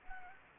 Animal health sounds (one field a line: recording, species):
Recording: mosquito wingbeat signal from an infrared sensor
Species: Anopheles gambiae